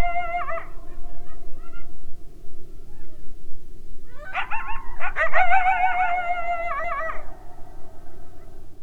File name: Coyotes NPS